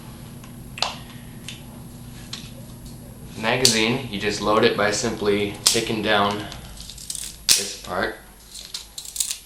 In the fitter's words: locks in place down there and you hold this back and pour the BB's in